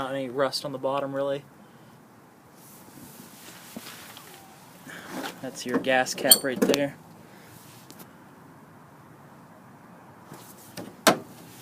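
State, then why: Seated. Someone talks, then the pop-up headlight housing on the hood of an old Harley Davidson / AMF snowmobile is raised by hand. It latches into place with one loud, sharp click at 11.1 s.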